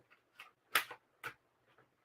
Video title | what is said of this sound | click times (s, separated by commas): Live Stamping Class 6.22.25 | add your um in die cutting plate. It'll snap right into place. | 0.8 s